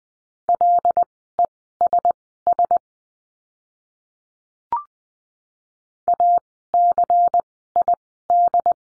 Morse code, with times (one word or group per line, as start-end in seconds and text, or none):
0.5-2.8 LESS
6.1-8.7 ACID